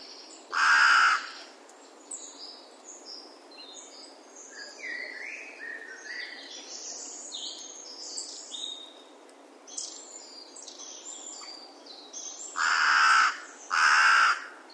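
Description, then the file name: Carrion crow calls with one hoarse caw at the start and a pair of rasping caws at the end, while other birds twitter and whistle throughout the gap. "Corvus corone"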